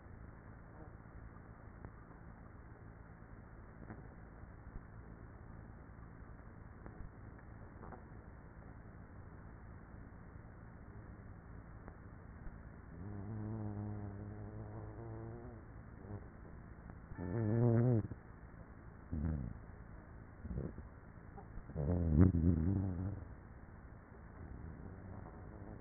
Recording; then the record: honeybee colony, microphone inside the hive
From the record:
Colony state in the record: queenless with a low population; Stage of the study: after two queens were removed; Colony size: about 30,000 bees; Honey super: no